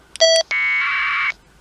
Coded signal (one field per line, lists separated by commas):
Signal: packet radio (AX.25, as in APRS)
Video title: Mills On The Air 2021 - GX3WMU portable at High Salvington Windmill (10m and VHF)